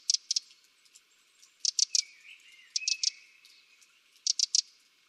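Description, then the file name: Eurasian wren uttering dry, rapid tick-tick-tick bursts of three or four notes, the bursts one to two seconds apart. "Troglodytes troglodytes"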